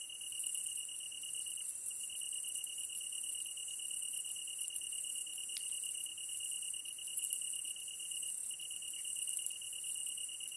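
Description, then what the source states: Tree cricket trilling continuously at one pitch, with a couple of brief gaps, while a higher insect buzz rasps along steadily. Kantan tree cricket recorded together with ezo-tsuyumushi katydid at night, 15 August 2010, 22:39, with a DH-D50.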